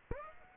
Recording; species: mosquito wingbeat signal from an infrared sensor; Aedes aegypti